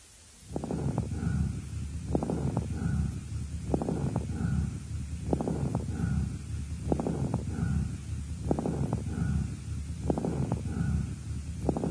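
Bronchial breathing heard clearly over the left axillary region of an adult woman's chest with lobar pneumonia of the left lower lobe on day 5, at the peak stage. The pathological bronchial breathing is conducted through consolidated lung tissue, with no adventitious sounds.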